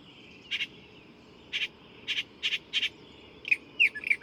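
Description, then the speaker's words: Northern Mockingbird song: short bright chirps repeated in quick pairs, then varied rising and falling whistled notes. Male singing all night long, recorded at 5:30 in the morning in LaRue County Park, Hodgenville, Kentucky; marvelous variety of imitations. "This mockingbird has been singing all night long, and I finally got up to record him."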